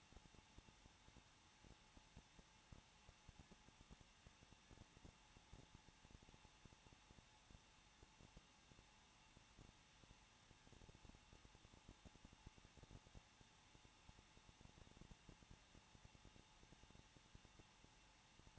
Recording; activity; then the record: daily activity, microphone in the room; no activity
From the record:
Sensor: 1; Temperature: 20.1 degrees Celsius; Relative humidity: 39.3%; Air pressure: 1006.3 hPa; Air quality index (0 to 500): 218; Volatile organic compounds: 80 ppm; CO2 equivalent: 3603 ppm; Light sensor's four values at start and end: 1/2/1/1 and 1/2/1/1